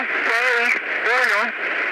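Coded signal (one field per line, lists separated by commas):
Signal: numbers station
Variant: Spanish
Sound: two short spoken words, evenly spaced, in a flat voice through heavy shortwave hiss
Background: radio static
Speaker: Bien, ese es un ejemplo de las transmisiones en idioma español. Y bueno, esta última fue grabada por su servidor, si les llega a interesar, en la frecuencia 11.735.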